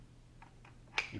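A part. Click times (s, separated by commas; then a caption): 1.0 s. A Canon Vixia camera, screwed tight onto its quick-release head plate, is set back onto a tripod head. After a couple of faint taps, one sharp, loud snap at 1.0 s marks the plate locking into the tripod mount. The plate is seated.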